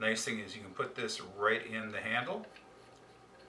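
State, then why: Not seated. A metal saw blade and pick tool is being handled at the end of the hollow handle of a Rhino USA Ultimate Survival Shovel, ready to go into the handle. Someone talks for about the first 2.5 seconds, then only a low, quiet background remains. Nothing has seated or clicked into the handle yet.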